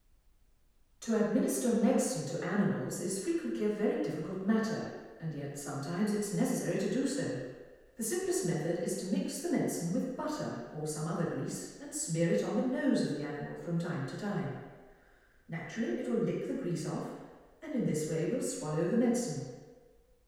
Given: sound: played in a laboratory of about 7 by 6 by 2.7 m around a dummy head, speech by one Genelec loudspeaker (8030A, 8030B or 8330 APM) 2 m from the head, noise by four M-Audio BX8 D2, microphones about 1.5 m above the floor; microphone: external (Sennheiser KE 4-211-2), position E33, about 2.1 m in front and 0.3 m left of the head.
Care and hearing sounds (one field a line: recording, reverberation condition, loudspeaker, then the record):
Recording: female speech in English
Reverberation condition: high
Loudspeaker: 120 degrees to the left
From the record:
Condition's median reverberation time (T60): about 1300 ms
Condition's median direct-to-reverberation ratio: about -4.0 dB